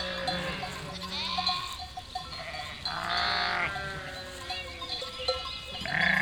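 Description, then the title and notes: Sheep bleats overlapping, long wavering calls from several animals, one strong low bleat near the start and a louder one at the end. Flock of 467 sheep and lambs, freshly counted by the shepherd, moving and grazing grass and wild garlic in spring at Chindrieux, France; binaural recording with Fostex FR2 LE, recordist travelling by bicycle. "847 Rue de Vars, 73310 Chindrieux, France - Troupeau de moutons. En ce jour de printemps, au beau milieu d'un troupeau de 467 moutons et agneaux fraîchement comptés par le berger. Bêlements en chorale très spacialisée et en mouvement"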